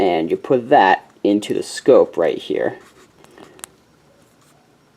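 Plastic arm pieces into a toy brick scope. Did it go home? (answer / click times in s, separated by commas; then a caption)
partly / 3.6 s. Someone talks, then two connected plastic LEGO arm pieces are pushed into a plastic scope piece, giving a sharp plastic click at 3.6 s. They are deliberately left only partway in, not fully inserted, so a droid arm can attach.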